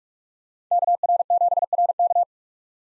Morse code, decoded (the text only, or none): KR7RK